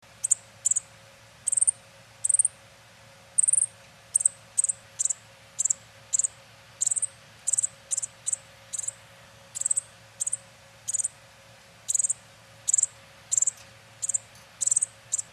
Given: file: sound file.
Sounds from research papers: The food begging calls of a male WP before deafening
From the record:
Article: Variable Food Begging Calls Are Harbingers of Vocal Learning

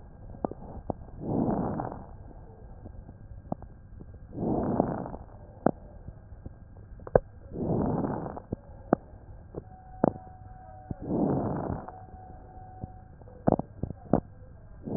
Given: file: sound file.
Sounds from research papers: Two respiratory medicine physicians separately listened to the recordings and characterized them as follows: (8) diminished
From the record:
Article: Back to the future: the novel art of digital auscultation applied in a prospective observational study of critically ill Covid-19 patients

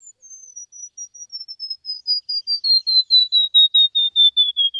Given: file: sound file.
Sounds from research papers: Territorial (control) song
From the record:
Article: Singing in the Rain Forest: How a Tropical Bird Song Transfers Information

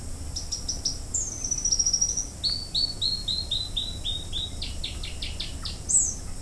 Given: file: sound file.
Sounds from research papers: North Island robin song example.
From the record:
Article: Birdsong Denoising Using Wavelets

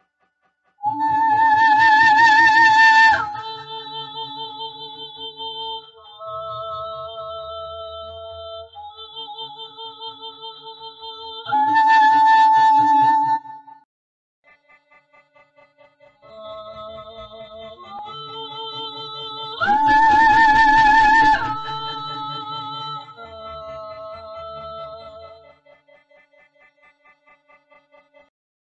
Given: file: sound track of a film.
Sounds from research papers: Example video (subject 2) of dynamic Magnetic Resonance Imaging (MRI). The subject sings task 1 & 2. Sagittal image slices are shown as a high contrast version of the MRI based images in the right part of the screen. In the left part of the screen distance measures and spectral analysis of the filtered MR audio signal are presented. The red line indicates the progression of the task simultaneous to the MRI film.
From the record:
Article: Respiratory kinematics and the regulation of subglottic pressure for phonation of pitch jumps – a dynamic MRI study

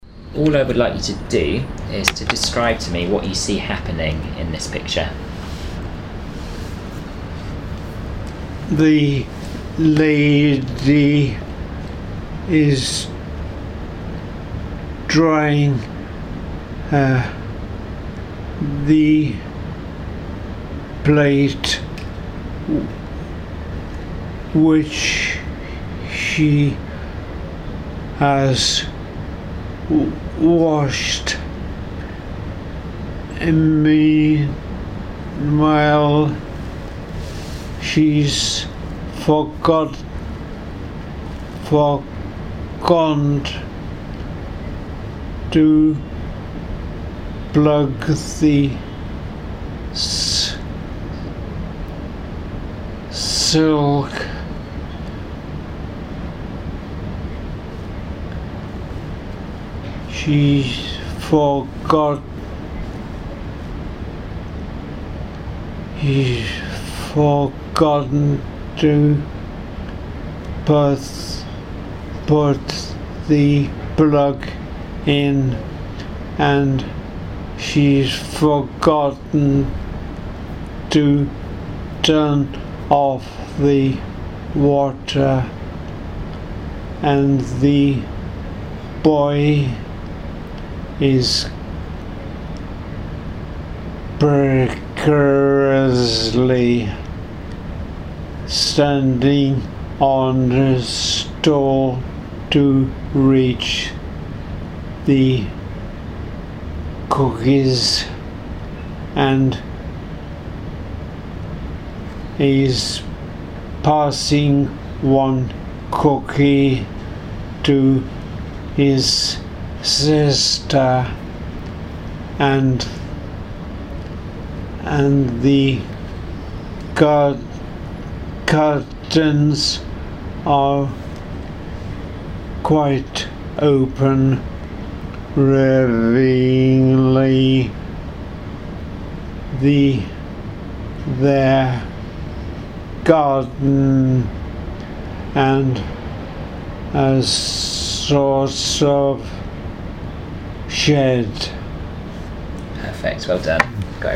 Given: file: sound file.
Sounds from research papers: Patients with nfvPPA present with slow, effortful, hesitant and distorted speech.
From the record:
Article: Primary progressive aphasia: a clinical approach

